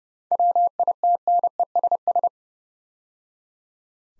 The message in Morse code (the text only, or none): WITNESS